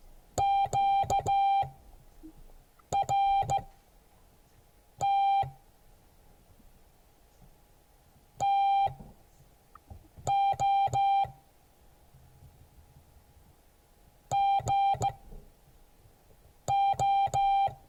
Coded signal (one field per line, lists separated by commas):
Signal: Morse code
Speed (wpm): 15 wpm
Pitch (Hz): 790 Hz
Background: music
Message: QRT TO GO